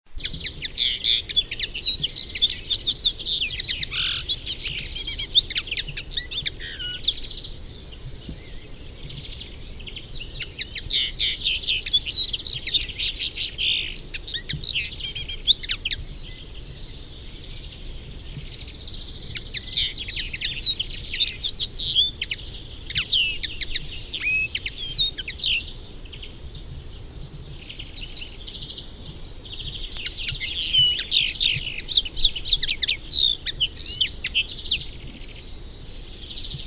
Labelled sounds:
Common Linnet song
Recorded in the wild
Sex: male
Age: adult
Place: Erlangen, Bayern, DE
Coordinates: 49.6075, 11.0092
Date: 1963-06-30
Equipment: Original, Vollspur
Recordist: Tretzel, Erwin

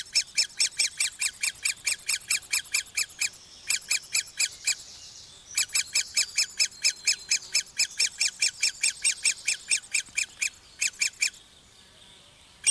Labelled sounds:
Great Spotted Woodpecker call
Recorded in the wild
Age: juvenile
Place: Glienicke/Nordbahn, Brandenburg, DE
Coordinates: 52.6369, 13.3419
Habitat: forest
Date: 1983-06-04 10:50
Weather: diesig, 18°C, leichter Wind
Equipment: Nagra SN, Kopie Uher 4000 Monitor Report
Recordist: Tembrock, Günter

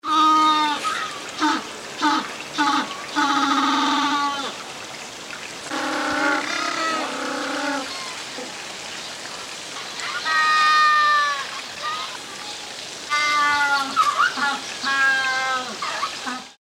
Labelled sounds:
African Penguin
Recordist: Tembrock, Günter
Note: Rufreihen

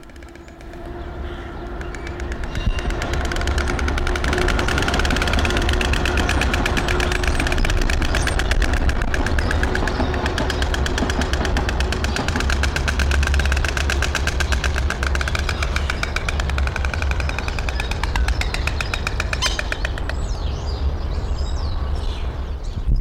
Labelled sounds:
White Stork
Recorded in captivity
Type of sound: bill clattering
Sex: pair
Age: adult
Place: Zoo Berlin, Berlin, DE
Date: 1993-03-20 12:56
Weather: 5-8°C, böiger Wind
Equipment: Marantz CP 430, Sennheiser ME 80, Kopie Uher Variocord 263
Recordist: Tembrock, Günter
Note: 2 Paare Schnabelklappern

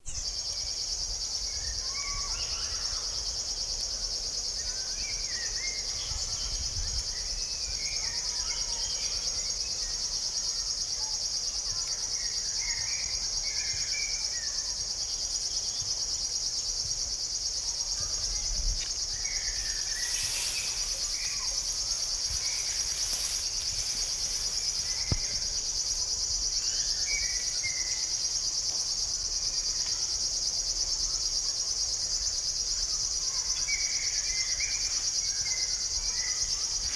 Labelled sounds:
River Warbler song
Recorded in the wild
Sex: male
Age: adult
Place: Buckow, Märkische Schweiz, Brandenburg, DE
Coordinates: 52.5708, 14.0778
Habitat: riverine vegetation
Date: 1978-07-01 18:50
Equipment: Uher CR 210, Sennheiser MD 421 SH, Verstärker, Kopie Uher 4200
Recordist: Tembrock, Günter
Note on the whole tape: Am Griepensee, dichte Ufervegetation, Erlenbruch, Brennesselbestand

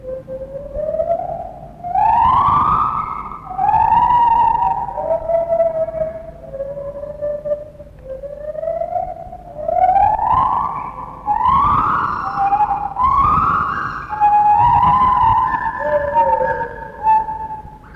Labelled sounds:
Lar Gibbon
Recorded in captivity
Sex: pair
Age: adult
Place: Zoo Berlin, Berlin, DE
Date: 1960-10-09 12:00
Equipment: Minifon, Kopie Smaragd
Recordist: Tembrock, Günter

